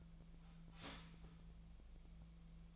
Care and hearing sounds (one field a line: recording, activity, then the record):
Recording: daily activity, microphone in the room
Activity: start toaster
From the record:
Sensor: 1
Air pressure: 1009.2 hPa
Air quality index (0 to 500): 196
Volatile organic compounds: 20 ppm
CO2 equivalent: 2673 ppm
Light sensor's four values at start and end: 27/70/29/34 and 27/70/29/34